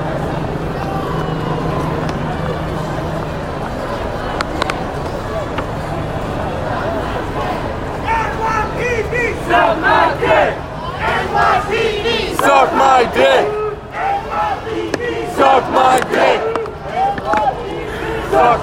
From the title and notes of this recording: The Sound Of A Protest. Today's episode features a segment of audio recorded at a peaceful protest in New York City.